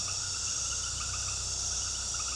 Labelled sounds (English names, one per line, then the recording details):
none
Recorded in pastures near Puerto Asís, Putumayo, Colombia, on 21 February 2024 at 20:00
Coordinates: 0.486, -76.323
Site G6462